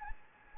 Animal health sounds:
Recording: mosquito wingbeat signal from an infrared sensor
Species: Anopheles gambiae

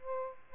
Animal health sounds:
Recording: mosquito wingbeat signal from an infrared sensor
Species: Aedes albopictus

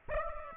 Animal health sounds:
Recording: mosquito wingbeat signal from an infrared sensor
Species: Aedes aegypti

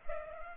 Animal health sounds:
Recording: mosquito wingbeat signal from an infrared sensor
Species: Culex pipiens

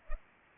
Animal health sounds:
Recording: mosquito wingbeat signal from an infrared sensor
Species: Culex pipiens

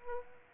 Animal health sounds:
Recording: mosquito wingbeat signal from an infrared sensor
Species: Aedes aegypti

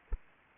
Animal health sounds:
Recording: mosquito wingbeat signal from an infrared sensor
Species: Aedes aegypti

